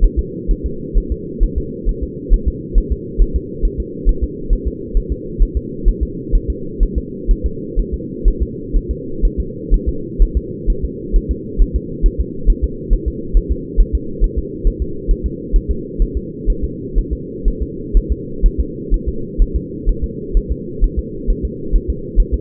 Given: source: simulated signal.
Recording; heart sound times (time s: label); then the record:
fetal heart sounds
0.04 s: S1
0.19 s: S2
0.51 s: S1
0.66 s: S2
0.97 s: S1
1.12 s: S2
1.43 s: S1
1.58 s: S2
1.89 s: S1
2.03 s: S2
2.33 s: S1
2.48 s: S2
2.78 s: S1
2.92 s: S2
3.22 s: S1
3.36 s: S2
3.65 s: S1
3.80 s: S2
4.09 s: S1
4.23 s: S2
4.53 s: S1
4.67 s: S2
4.97 s: S1
5.12 s: S2
5.42 s: S1
5.57 s: S2
5.88 s: S1
6.03 s: S2
6.35 s: S1
6.50 s: S2
6.83 s: S1
6.98 s: S2
7.31 s: S1
7.46 s: S2
7.80 s: S1
7.94 s: S2
8.28 s: S1
8.42 s: S2
8.76 s: S1
8.91 s: S2
9.25 s: S1
9.40 s: S2
9.74 s: S1
9.88 s: S2
10.22 s: S1
10.37 s: S2
10.70 s: S1
10.84 s: S2
11.16 s: S1
11.31 s: S2
11.62 s: S1
11.76 s: S2
12.06 s: S1
12.20 s: S2
12.50 s: S1
12.64 s: S2
12.93 s: S1
13.08 s: S2
13.37 s: S1
13.52 s: S2
13.80 s: S1
13.95 s: S2
14.24 s: S1
14.38 s: S2
14.67 s: S1
14.82 s: S2
15.11 s: S1
15.26 s: S2
15.56 s: S1
15.71 s: S2
16.02 s: S1
16.17 s: S2
16.50 s: S1
16.64 s: S2
16.98 s: S1
17.13 s: S2
17.48 s: S1
17.62 s: S2
17.97 s: S1
18.12 s: S2
18.46 s: S1
18.60 s: S2
18.94 s: S1
19.09 s: S2
19.42 s: S1
19.56 s: S2
19.89 s: S1
20.04 s: S2
20.37 s: S1
20.52 s: S2
20.84 s: S1
20.99 s: S2
21.30 s: S1
21.45 s: S2
21.75 s: S1
21.90 s: S2
22.20 s: S1
22.34 s: S2
From the record:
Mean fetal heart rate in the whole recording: 130 bpm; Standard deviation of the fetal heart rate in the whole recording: 4 bpm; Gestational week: 38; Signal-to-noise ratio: -4.3 dB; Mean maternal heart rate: 72 bpm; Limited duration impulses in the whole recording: absent